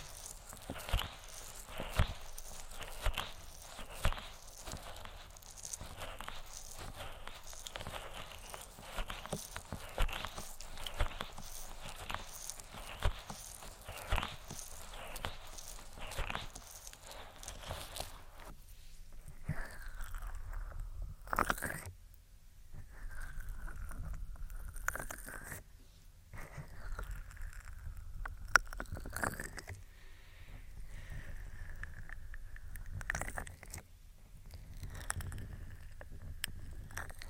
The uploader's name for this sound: Ear Attention Triggers (Tapping, Rubbing, Cupping, Lotion, Latex)